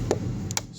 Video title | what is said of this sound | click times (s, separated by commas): 03 vw golf sunroof leak repair | snaps right in being lubed up | 0.5 s, 0.6 s